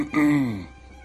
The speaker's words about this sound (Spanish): Me voy a agarrar otra vez la tos acá.